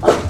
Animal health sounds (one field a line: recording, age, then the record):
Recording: pig call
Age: growing-finishing pig (85 days or more)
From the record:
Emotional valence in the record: positive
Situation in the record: run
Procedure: transit